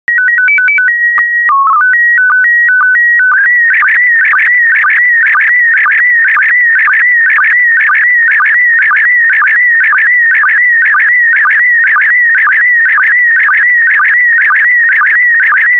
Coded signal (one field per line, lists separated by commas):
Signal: SSTV (slow-scan television)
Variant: PD 120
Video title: 24084 Churches SSTV PD120